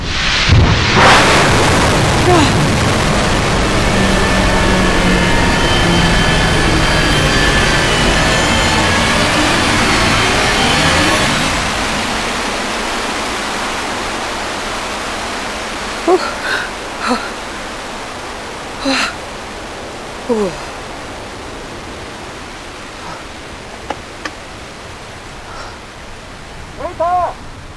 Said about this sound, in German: Den Abschuss habe ich mehr gespürt als gehört. Ein Vibrieren durch meinen ganzen Körper.